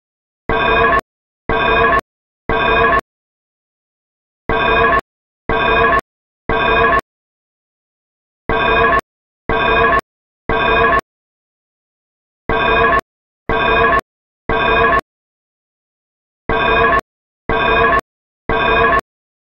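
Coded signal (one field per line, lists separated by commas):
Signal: alarm pattern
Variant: temporal-3 (Code-3) evacuation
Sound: harsh electronic alarm blaring in groups of three half-second pulses, five groups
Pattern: temporal three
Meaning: Evacuate the building: fire alarm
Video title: Super Metroid Escape Alarm Sound Effect But Edited To A Code-3 Fire Alarm Like Sound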